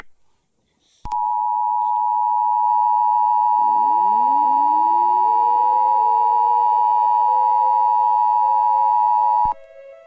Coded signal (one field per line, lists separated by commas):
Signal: Emergency Alert System (SAME) tones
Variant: 853 and 960 Hz attention tone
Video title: fires in Montana a mini EAS scenario bye me